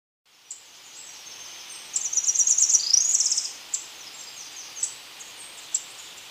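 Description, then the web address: Tropical parula song: a very high, buzzy trill of rapid notes that rises toward its end, lasting about a second and a half, with scattered thin high chips before and after. Ecuador, South America. "Birds of Ecuador. Tropical Parula"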